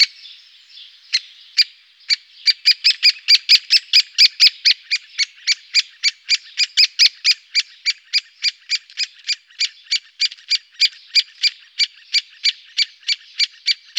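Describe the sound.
Great spotted woodpecker calling with sharp, clipped high notes repeated about three times a second in a long, fairly steady series over faint background hiss.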